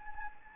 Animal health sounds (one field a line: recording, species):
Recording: mosquito wingbeat signal from an infrared sensor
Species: Anopheles gambiae